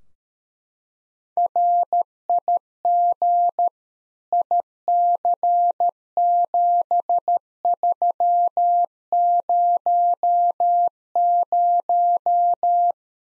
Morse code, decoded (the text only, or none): RIG IC7300